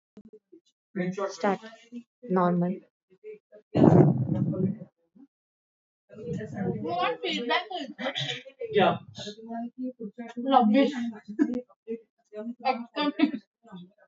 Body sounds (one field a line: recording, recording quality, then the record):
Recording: shallow breathing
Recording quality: moderate, slight background noise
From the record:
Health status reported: healthy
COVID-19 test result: negative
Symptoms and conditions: none ticked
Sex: female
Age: 49 years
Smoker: not ticked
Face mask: not worn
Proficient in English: yes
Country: India